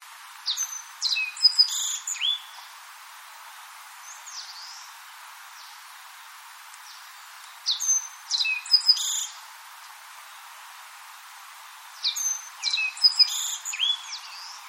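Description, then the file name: Black-faced bunting song, three short bursts of high varied chirps and downslurred notes, with a few softer notes between them. "aoji"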